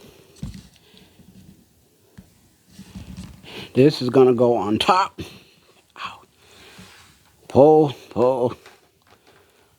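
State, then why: Not seated. A front splitter is being handled and positioned on top of its bumper mounting clip while someone talks. Soft handling taps and rustles are heard between the words. Nothing has seated or clicked yet.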